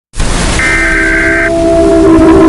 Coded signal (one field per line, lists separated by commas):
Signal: Emergency Alert System (SAME) tones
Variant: header bursts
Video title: San Marino EAS Alarm (1945) GIGA LOUD